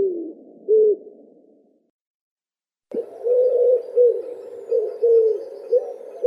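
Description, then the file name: Common wood pigeon with two short cooing notes, a moment of silence, then a steady run of low, husky cooing notes. Recorded in Russia. "Pticy Rossii - Vyahir Columba palumbus"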